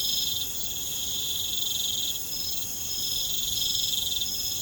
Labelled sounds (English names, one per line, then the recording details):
none
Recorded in pastures near Puerto Asís, Putumayo, Colombia, on 29 June 2025 at 00:00
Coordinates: 0.472, -76.331
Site G095